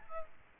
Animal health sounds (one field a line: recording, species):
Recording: mosquito wingbeat signal from an infrared sensor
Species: Aedes albopictus